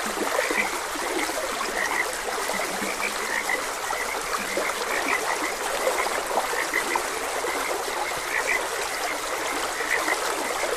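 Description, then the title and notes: Frog chorus of countless brief croaks blending into a constant shimmer, with the steady rush of a stream underneath throughout. Frogs croaking beside a gentle stream. "Gentle Stream and Frogs Croaking. Sleep and Relaxation Podcast"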